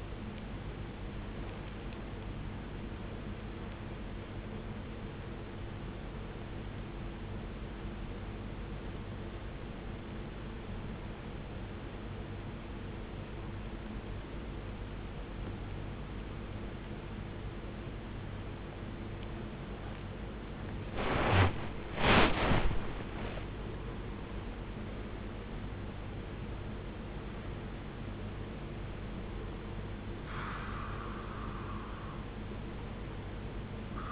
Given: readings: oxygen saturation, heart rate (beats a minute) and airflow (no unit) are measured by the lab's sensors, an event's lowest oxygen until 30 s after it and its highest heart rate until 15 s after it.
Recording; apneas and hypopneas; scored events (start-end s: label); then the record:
breathing in sleep by a voice recorder at the bedside; 1
3.00-23.10 s: obstructive apnea (N1, oxygen 94% highest, then 82% lowest, heart rate 61 at the start, 81 highest)
From the record:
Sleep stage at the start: N1 (lightest sleep); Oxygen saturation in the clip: 77 to 94%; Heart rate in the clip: 61 to 81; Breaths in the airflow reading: 4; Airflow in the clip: -12.9 to 13.6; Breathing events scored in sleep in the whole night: 389 in 6.3 hours asleep